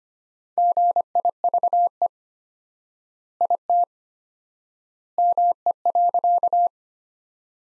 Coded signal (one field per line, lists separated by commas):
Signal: Morse code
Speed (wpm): 25 wpm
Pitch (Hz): 700 Hz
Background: none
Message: GIVE IT ME.